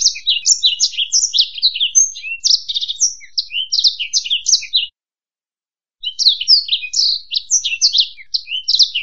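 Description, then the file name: Black-throated canary song, a fast, high, twittering run of varied chirps and trills, pausing about a second before resuming just as rapidly. "suara burung blackthroat"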